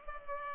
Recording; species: mosquito wingbeat signal from an infrared sensor; Culex pipiens